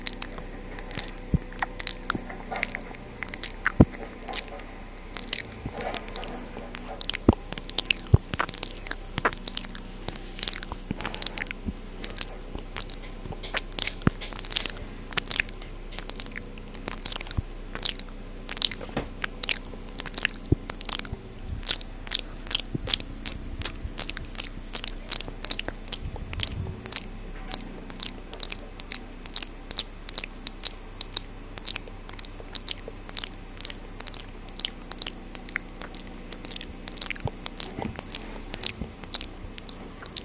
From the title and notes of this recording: MOUTH SOUNDS ASMR.